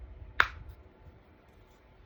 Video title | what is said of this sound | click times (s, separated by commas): Spindle Interchangeable Pumpkin Part 1 Tutorial 080125 | Snap right in. | 0.4 s